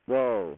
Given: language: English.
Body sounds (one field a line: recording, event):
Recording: throat vibration sensor signal played as sound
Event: speech